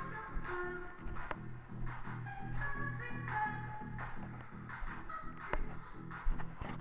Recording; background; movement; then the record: deep breathing; music; walking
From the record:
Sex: male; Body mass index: 20.6 kg/m2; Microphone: on the chest, facing the body